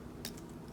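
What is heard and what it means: A small diecast foot flap on a Transformers Masterpiece MPM-7 Bumblebee robot toy (Volkswagen Beetle) is pushed up into the robot's foot. It seats with a faint, sharp click at 0.3 s over a low background hum, followed by a softer tick at 0.4 s.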